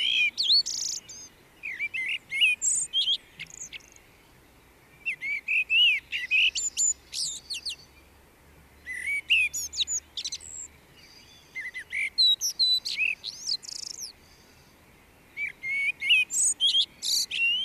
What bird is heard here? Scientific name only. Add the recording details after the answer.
Turdus merula. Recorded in the wild. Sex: male. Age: adult. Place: Garmisch-Partenkirchen, Bayern, DE. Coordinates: 47.4928, 11.0761. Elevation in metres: 706. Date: 1968-04-24. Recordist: Tretzel, Erwin. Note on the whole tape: Maximilianstraße 1, Garmisch-Partenkirchen: Gesang